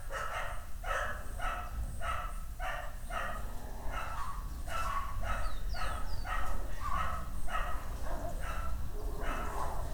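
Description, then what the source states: Dogs barking in a steady run of sharp barks over a low rumble of background noise. Dogs barking on the Escalera Morrison stairway in Valparaíso; recorded with a Tascam DR-100mk II.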